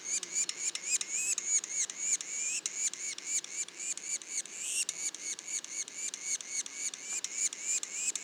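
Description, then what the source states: Yellow-bellied sapsucker juveniles utter fast, high squeaks, many with a clear upslurred whistle, repeated nearly four times per second in a lively chatter. Juveniles, recorded in Mont-Orford National Park, Quebec; mono recording.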